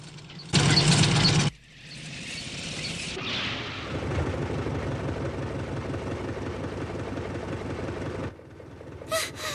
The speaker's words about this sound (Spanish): ¡Vaya, qué maravilla! ¡Es un coche!